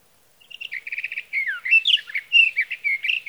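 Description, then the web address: Sage thrasher song: a long, rapid warbling run of varied notes, opening with a quick stuttered series of short notes, then slurred whistled phrases rising and falling without pause. "birdsongforthecurious Sage Thrasher"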